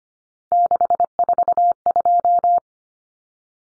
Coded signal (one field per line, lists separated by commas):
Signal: Morse code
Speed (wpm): 25 wpm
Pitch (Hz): 700 Hz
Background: none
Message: 642